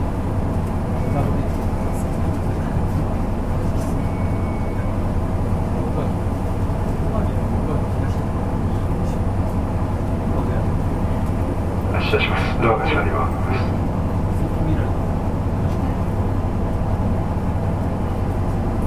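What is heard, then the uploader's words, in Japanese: Inside a local train on the Wakamatsu Line, a steady low rumble and hum of the moving carriage fills the whole clip at an even level. Faint voices murmur now and then, and around twelve to fourteen seconds a brighter squeal or rattle briefly rises over the drone. JRキハ31系 若松から折尾まで。JR九州の31系気動車の走行音です。若松線の普通列車にて収録しました。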